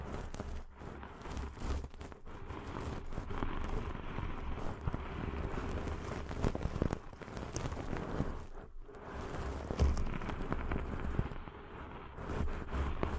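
Deep ear cleaning sounds: dense, scratchy rubbing and crackling that runs almost without pause, with a steady low rumble underneath. Brief quiet gaps break in near 0.7 and 8.7 seconds, and sharper scraping bursts stand out around 7 and 10 seconds.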